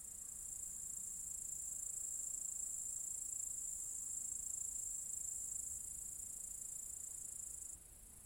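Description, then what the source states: Cicadas producing a continuous sizzling high-pitched drone that drops abruptly quieter near the end. Several cicadas in an apple tree orchard at Zalensų Sodybos, Lithuania, recorded 23 August 2015.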